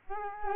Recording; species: mosquito wingbeat signal from an infrared sensor; Culex quinquefasciatus